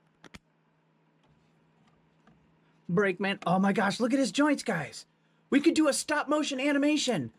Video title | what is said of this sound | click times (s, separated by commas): Tinkercad Design Tutorial! New Breakaway Jointed Action Figure! 3D Modeling! | where's your thumb buddy oh listen to that satisfying click here listen | 0.2 s, 0.3 s